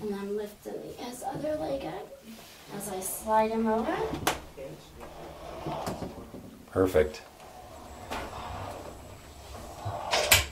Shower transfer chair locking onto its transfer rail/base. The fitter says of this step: you'll hear the click when it locks that's a good click isn't it